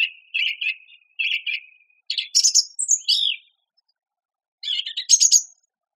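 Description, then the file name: Song thrush singing a short twangy phrase repeated a few times, then a burst of high whistles and a final scratchy phrase. "suara-kicauan-burung-song-thrush -omkicau"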